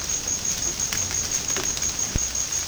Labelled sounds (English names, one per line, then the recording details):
none
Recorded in dense forest near Puerto Asís, Putumayo, Colombia, on 18 February 2024 at 13:30
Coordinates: 0.503, -76.322
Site G6418